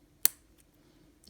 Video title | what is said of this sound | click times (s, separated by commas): N scale Atlas GP35 Conrail 2370 restoration | It will snap into place. | 0.2 s